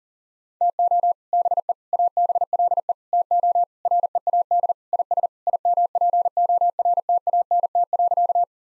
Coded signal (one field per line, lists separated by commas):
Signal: Morse code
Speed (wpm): 37 wpm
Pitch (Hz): 700 Hz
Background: none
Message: TO BE ABLE TO READ IS IMPORTANT.